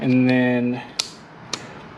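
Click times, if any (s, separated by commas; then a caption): 1.5 s. Someone talks briefly while the ECU on a 2022 Honda Grom is pulled out of the rubber grommet behind the airbox. The ECU connector comes out of the motorcycle wiring harness with one sharp click at 1.5 s, one of the two pulls and clicks needed to release it. The connector clicks open and the ECU is released.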